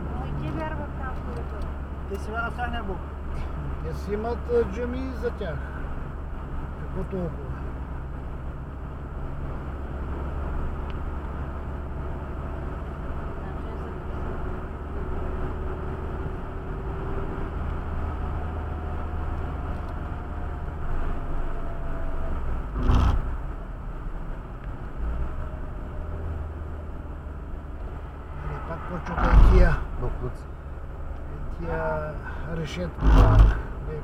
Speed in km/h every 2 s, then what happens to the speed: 66, 66, 65, 64, 64, 66, 66, 69, 73, 73, 71, 66, 66, 59, 56, 56, 54.
0-8 steady at about 65. 8-19 speeds up to 73. 19-27 slows to 56. 27-34 steady at about 56.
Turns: none.